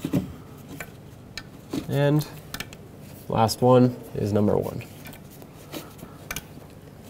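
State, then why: Seated. On a 2007–2009 Saturn Aura engine, the last ignition coil, for cylinder 1, is pressed down into its spark plug well while someone talks. Scattered light clicks and knocks are heard, and a sharp click at 6.3 s marks the coil seating and locking in place.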